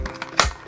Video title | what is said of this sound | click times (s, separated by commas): Dyson V8 Cordless Vacuum Cleaner | as the the main Lance so this just pops in | 0.4 s